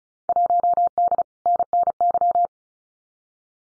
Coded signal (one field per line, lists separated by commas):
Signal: Morse code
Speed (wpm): 36 wpm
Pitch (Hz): 700 Hz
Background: none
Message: 1D NNY